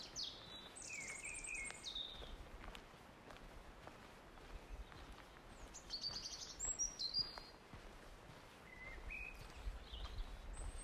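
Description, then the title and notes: Birds singing, with bright chirps and short whistled phrases in bursts over steady outdoor background noise. Woods along Gem River. "Birdsong along the woods by Gem River"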